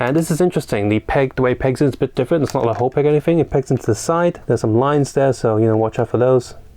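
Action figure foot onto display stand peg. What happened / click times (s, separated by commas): Handled, not yet home: no seating click, only continuous talk / none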